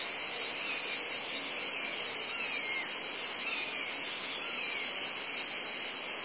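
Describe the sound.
Cicada chorus as a steady shrill drone, with a few faint sliding chirps from another creature in the middle section.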